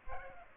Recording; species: mosquito wingbeat signal from an infrared sensor; Culex pipiens